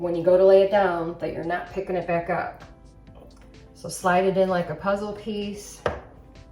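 Someone talks while a vinyl peel-and-stick mosaic backsplash tile sheet, backed with very sticky tape, is handled to be slid into the edge of the adjoining tile sheet like a puzzle piece. A couple of faint soft sounds come in a quiet pause around 3.1 and 3.5 seconds. Nothing has clicked or seated into place yet.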